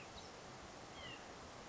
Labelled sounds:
White-breasted Nuthatch (Sitta carolinensis)
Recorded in Sonoma County, California

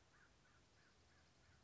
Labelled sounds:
American Crow (Corvus brachyrhynchos)
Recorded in Sonoma County, California

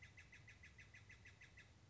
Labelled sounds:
Steller's Jay (Cyanocitta stelleri)
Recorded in Sonoma County, California

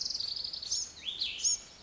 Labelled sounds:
Cassin's Vireo (Vireo cassinii)
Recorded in Sonoma County, California

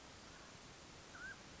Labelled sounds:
Mountain Quail (Oreortyx pictus)
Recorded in Sonoma County, California

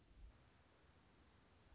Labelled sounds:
Orange-crowned Warbler (Leiothlypis celata)
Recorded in Sonoma County, California

